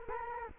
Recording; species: mosquito wingbeat signal from an infrared sensor; Culex quinquefasciatus